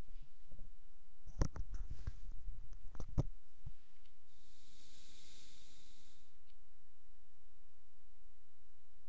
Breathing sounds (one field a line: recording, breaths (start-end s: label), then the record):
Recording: nose breathing near a microphone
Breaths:
3.96-6.36 s: exhalation
From the record:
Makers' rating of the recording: medium